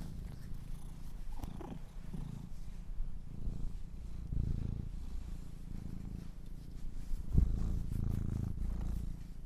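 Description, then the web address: Domestic cat purr, a soft steady low rumble with gentle rises and falls, one brief click near the end. Kittens purring. "sleepandrelaxasmr - The Purring Kittens"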